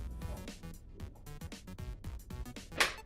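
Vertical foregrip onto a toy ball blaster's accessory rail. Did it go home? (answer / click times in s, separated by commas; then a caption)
yes / 2.8 s. A plastic vertical foregrip is pushed onto the accessory rail of a Dart Zone Ballistix Ops Battle Squadron toy ball blaster over background music. It snaps on with a sharp, satisfying click at 2.8 s, and the foregrip is seated.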